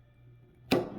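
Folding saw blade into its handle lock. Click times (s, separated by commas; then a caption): 0.7 s. The metal blade of a large handheld folding saw is swung open into its handle, and after a quiet stretch a sharp, loud click rings out at 0.7 s with a brief fading tail. The blade locks into place so it will not move or wiggle.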